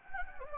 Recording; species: mosquito wingbeat signal from an infrared sensor; Anopheles gambiae